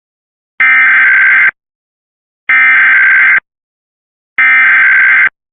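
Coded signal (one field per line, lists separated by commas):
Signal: Emergency Alert System (SAME) tones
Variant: header bursts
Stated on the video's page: Mock simulated EAS test shown as interrupting a cartoon.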